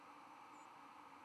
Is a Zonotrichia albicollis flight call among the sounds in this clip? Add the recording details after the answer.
no. Another species' flight call is heard. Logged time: 03:58 on 11 November 2014